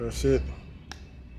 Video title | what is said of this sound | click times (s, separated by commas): How to replace Door Mirror Glass 2012 - 2015 Mercedes c250 with Blind Spot Assist Indicator DIY | There you go. You should hear the snap. | 0.9 s